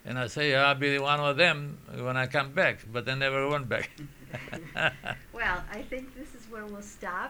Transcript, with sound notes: And I say, "I'll be one of them when I come back," but I never went back. ( they laugh )
Well, I think this is where we'll stop.